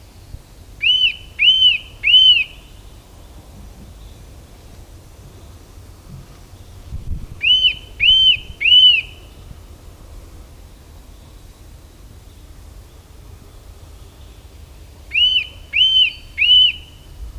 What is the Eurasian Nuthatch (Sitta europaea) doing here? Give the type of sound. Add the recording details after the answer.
song. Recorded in the wild. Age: adult. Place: Halle (Westfalen), OT Tatenhausen, Nordrhein-Westfalen, DE. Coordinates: 52.0439, 8.325. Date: 1973-04-15. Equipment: Uher 4200 Report Stereo, Bändchenmikro Beyer M 260, Parabolspiegel Polyester (600 mm). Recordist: Conrads, Klaus